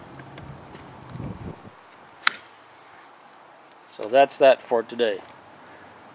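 A plastic cover is pushed back onto the pivot of a lowered rear wiper arm on an HHR, after a rear wiper blade replacement. A single sharp snap at 2.3 s shows the cover seating into place, after which someone talks.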